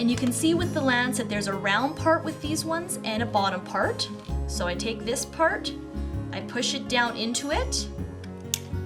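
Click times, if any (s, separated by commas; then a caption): 8.5 s. A plastic lancet is pushed down into the holder of a Bayer Contour Next lancing device while someone talks over background music. A sharp click at 8.5 seconds marks the lancet seating, after which it can no longer move.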